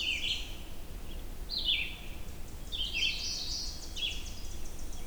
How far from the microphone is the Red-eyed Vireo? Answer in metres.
about 10 m